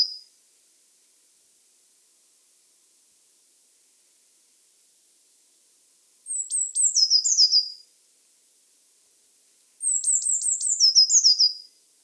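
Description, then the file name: Eurasian blue tit calling, two high thin bursts of rapid descending notes ending in a buzzy trill, about three and a half seconds apart; otherwise quiet apart from a brief high note at the very start. "Cyanistes caeruleus"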